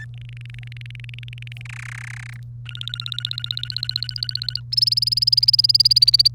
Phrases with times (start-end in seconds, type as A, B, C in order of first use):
0.00-0.05 A, 0.17-1.62 B, 1.65-2.37 C, 2.65-4.60 D, 4.72-6.28 E